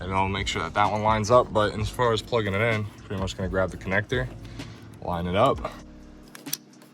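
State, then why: Seated. Under the hood of a 2011-2016 Scion tC during a TRD strut bar install, a plastic wiring harness connector is lined up and pushed into its mating socket while someone talks. A sharp click is heard at 6.5 s as the connector seats, and that click shows it is properly connected.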